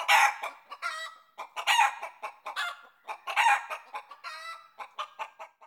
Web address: i Movie ' 08 Sound Effects Chicken